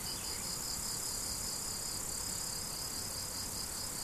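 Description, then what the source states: Cricket chirping, high and rhythmic but softly blurred, under a dense shrill insect hiss. Crickets, recorded 17 July 2012 with an MZ-N710 recorder.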